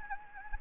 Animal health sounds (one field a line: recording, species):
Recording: mosquito wingbeat signal from an infrared sensor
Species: Anopheles gambiae